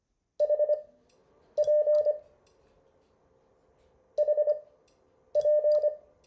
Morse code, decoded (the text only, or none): HP HP